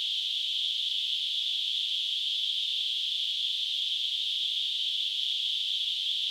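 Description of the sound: A steady, continuous high-pitched hiss, a narrow band of noise at an even level throughout, simulating the ringing of tinnitus.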